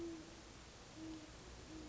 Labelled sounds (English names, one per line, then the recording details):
Great Horned Owl
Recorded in Sonoma County, California